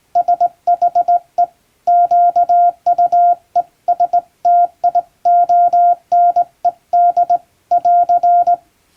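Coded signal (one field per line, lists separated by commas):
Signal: Morse code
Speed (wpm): 20 wpm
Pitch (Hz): 700 Hz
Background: none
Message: SHE QUESTIONED <AR>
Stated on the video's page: Hand-sent English-language radiogram practice in Morse on a JRC marine telegraph key, the type favoured by ship radio operators.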